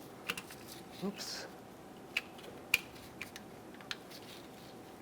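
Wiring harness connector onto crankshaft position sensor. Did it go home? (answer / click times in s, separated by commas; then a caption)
yes / 2.7 s. A wiring harness electrical connector is pushed onto a new crankshaft position sensor on a 2007-2014 Chevrolet Silverado 2500 HD 6.0L V8 while someone talks. A few small plastic ticks and handling sounds come first, then a sharp click at 2.7 s as the connector's locking tab seats. It is confirmed locked in place.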